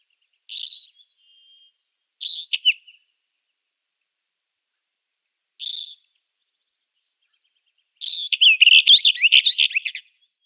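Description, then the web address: Northern Wheatear singing brief high scratchy notes, a short buzzy burst, then a longer rattling, warbled phrase of mixed chirps near the end. "Schulze Peter Northern Wheatear song"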